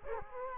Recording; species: mosquito wingbeat signal from an infrared sensor; Culex quinquefasciatus